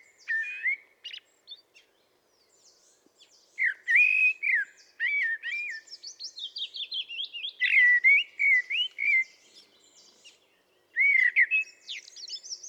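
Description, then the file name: Common blackbird song with several flutey warbled phrases, running into a long squeaky high twittering passage before one more mellow phrase. "Turdus merula"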